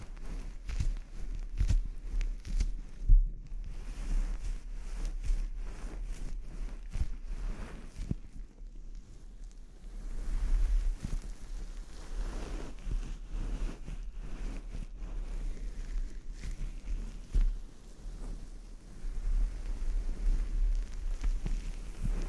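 A scalp treatment, heard as a steady run of soft scratching and rubbing with frequent small clicks and taps throughout. The texture stays dense and irregular, swelling a little around ten seconds and again near the end, over a constant low hum.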